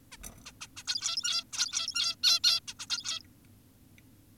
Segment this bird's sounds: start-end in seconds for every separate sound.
0.12-0.17, 0.46-0.52, 0.61-0.68, 0.77-0.84, 0.88-1.44, 1.53-2.16, 2.24-2.40, 2.44-2.60, 2.68-2.74, 2.80-2.86, 2.90-3.20, 3.21-3.23